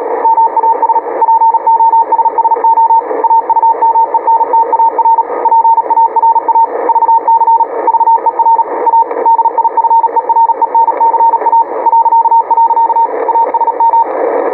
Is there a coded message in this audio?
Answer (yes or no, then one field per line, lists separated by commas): yes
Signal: Morse code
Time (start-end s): 0.2-14.0 s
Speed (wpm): 40 wpm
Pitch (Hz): 920 Hz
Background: radio noise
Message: MAS POSSO AUMENTAR PARA VC VER A DIFERENCA .. ASM